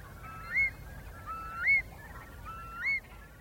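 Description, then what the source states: Eurasian curlew calls: three clear whistled cries, each rising then falling, spaced about a second apart. Evocative cry; the curlew is a symbol of the risks facing ground-nesting birds and endangered species in the UK.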